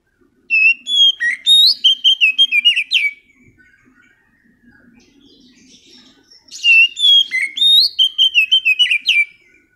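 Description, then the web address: Oriental magpie-robin singing two long runs of rich, fast whistled and trilled notes, separated by several seconds of soft, low chatter. Master song used as a lure to trigger a magpie-robin that has stopped singing. "kacer pancingan macet bunyi. masteran kacer"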